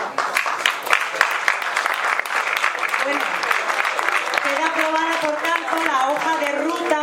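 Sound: audience applause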